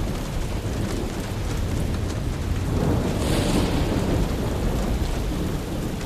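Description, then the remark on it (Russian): Steady, hissing rain pours without a break on a stormy night while a low thunder rumble swells in the middle and fades away. No voices are heard. “Дождливая ночь, черный джип, о котором упоминалось выше, в нем покойный, еще кто-то рядом на пассажирском сиденье.”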